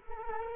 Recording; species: mosquito wingbeat signal from an infrared sensor; Culex quinquefasciatus